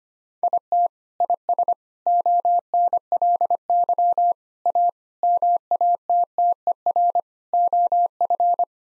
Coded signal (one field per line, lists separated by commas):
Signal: Morse code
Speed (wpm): 25 wpm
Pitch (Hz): 700 Hz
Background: none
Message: IT IS ONLY A MATTER OF